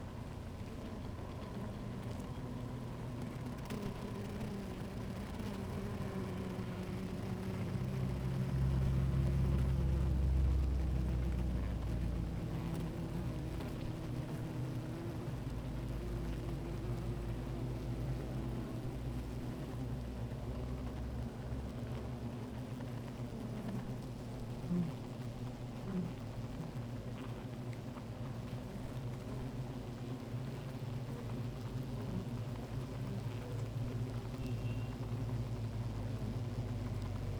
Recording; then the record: honeybee colony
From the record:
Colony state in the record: active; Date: 28 July 2017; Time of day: 16:14